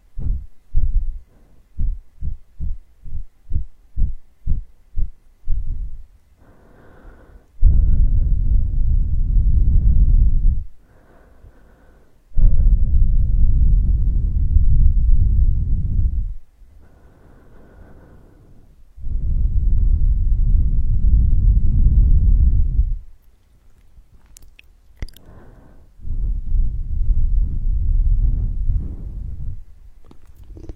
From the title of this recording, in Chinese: 无人声按摩耳朵